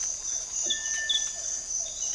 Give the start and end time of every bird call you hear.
0.65s-1.34s: bird call (1.3-2.2 kHz)

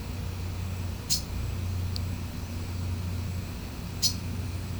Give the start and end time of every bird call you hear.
1.00s-1.28s: bird call (2.3-9.6 kHz)
3.95s-4.15s: bird call (3.0-9.8 kHz)

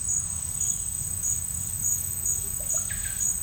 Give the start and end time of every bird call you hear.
2.59s-3.41s: bird call (0.4-4.0 kHz)

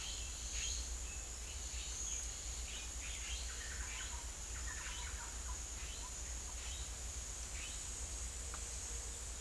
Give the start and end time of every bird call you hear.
2.46s-5.38s: bird call (0.4-4.1 kHz)

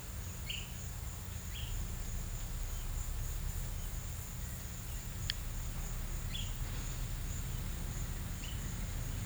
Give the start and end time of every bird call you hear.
0.46s-0.69s: bird call (1.5-3.8 kHz)
1.50s-1.68s: bird call (2.2-4.0 kHz)

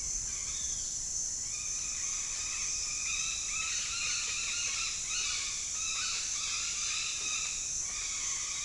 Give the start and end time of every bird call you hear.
0.21s-0.97s: bird call (1.1-4.9 kHz)
1.42s-8.65s: bird call (0.6-5.1 kHz)

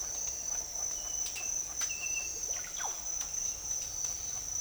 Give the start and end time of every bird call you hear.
2.11s-2.92s: bird call (0.3-3.4 kHz)

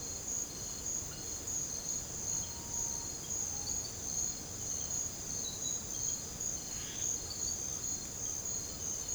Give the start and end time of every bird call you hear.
2.44s-3.81s: bird call (0.6-1.6 kHz)

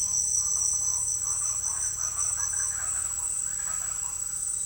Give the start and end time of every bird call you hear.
0.13s-4.65s: bird call (0.5-2.5 kHz)

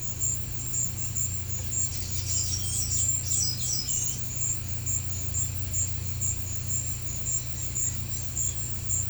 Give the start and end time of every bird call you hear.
1.90s-4.20s: bird call (2.5-11.2 kHz)

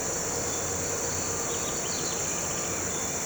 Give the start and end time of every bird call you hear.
1.53s-2.54s: bird call (1.5-4.1 kHz)

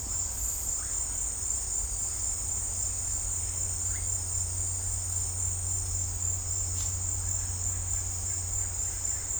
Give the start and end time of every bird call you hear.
3.89s-4.02s: bird call (1.2-2.7 kHz)

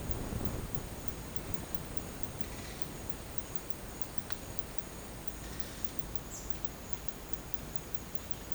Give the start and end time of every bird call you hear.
6.20s-6.53s: bird call (4.9-8.1 kHz)

